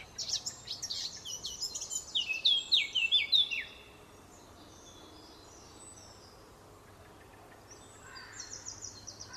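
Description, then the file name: Eurasian blackcap song, a hurried scratchy chatter that breaks into loud, clear fluty notes sliding downward, followed by a pause and soft high twitters. "Sylvia atricapilla"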